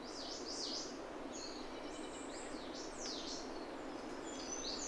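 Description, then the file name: Eurasian wren song, high sweeping notes and short trills in quick bursts, set against constant hissing background noise. "Troglodytes troglodytes"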